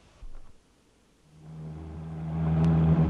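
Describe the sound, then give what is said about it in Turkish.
A dull thump, a moment of quiet, then a car engine hums into life with a steady low drone that grows louder and rougher as it revs up to drive off. “Öyleyse izin verin de sizi arabamla evinize kadar götüreyim.”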